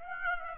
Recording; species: mosquito wingbeat signal from an infrared sensor; Aedes aegypti